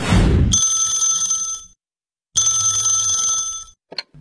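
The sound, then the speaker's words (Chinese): A home telephone in the Aijia residential community rings one morning in two long, steady bursts of bright, high trilling bells with a pause between, after a brief noisy onset, then a short clack at the end. “说到这个有访客到来呀，这不这天早上，住在爱家小区的老何就接到了一个让他特别开心的电话。”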